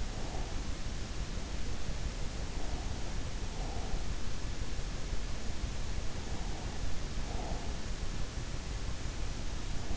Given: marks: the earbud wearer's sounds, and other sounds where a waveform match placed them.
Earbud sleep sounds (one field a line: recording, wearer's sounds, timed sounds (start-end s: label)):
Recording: sounds in sleep by an in-ear microphone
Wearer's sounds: breath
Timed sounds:
0.00-0.77 s: breath
3.08-4.37 s: breath
6.88-8.11 s: breath